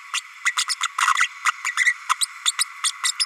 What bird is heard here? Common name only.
Green-rumped Parrotlet